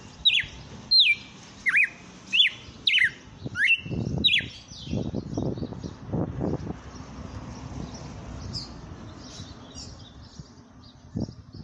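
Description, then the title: Red-cowled cardinal song: a quick burst of loud whistled phrases in the first five seconds, each swooping down then up, then quieter noise with faint chirps. Female; bird named Fenrir. "Canto Galo Campina Fêmea. Galo de campina cantando na cara do FREGUÊS - Esse é o FENRIR"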